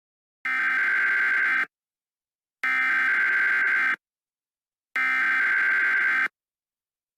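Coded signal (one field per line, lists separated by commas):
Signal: Emergency Alert System (SAME) tones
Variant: header bursts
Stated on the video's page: Fictional EAS scenario made for Halloween, not a real alert.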